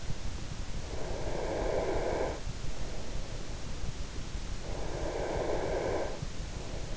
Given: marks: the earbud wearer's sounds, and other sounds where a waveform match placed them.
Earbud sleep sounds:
sounds in sleep by an in-ear microphone; breath
0.76-2.58 s: breath
4.61-6.57 s: breath

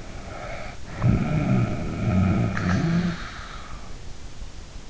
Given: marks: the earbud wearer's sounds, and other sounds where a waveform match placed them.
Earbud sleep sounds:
sounds in sleep by an in-ear microphone; snoring breath
0.00-3.27 s: snoring breath

